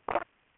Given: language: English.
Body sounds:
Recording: throat vibration sensor signal played as sound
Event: swallow

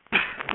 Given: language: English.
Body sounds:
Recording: throat vibration sensor signal played as sound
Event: cough

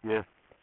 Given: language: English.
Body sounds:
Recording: throat vibration sensor signal played as sound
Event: speech

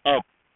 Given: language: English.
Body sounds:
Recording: throat vibration sensor signal played as sound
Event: speech

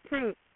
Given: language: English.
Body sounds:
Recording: throat vibration sensor signal played as sound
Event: speech

